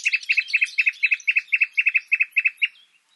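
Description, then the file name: Common nightingale song: a brisk series of paired chirping notes repeated about four times a second, ending abruptly. "Luscinia megarhynchos"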